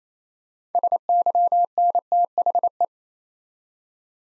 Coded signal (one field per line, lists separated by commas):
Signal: Morse code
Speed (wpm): 28 wpm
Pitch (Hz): 700 Hz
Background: none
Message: SYNTHE